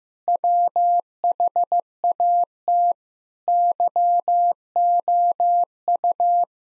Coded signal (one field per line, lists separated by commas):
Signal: Morse code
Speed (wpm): 15 wpm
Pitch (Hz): 700 Hz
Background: none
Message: WHAT YOU